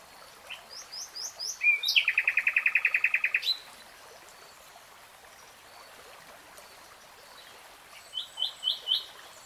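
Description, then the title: Nightingale song: quickening notes rush into a loud, fast rattle, silence follows, then four soft rising chirps. Nightingale singing in real time. "[Tiếng chim hót] REALTIME Nightingale Singing"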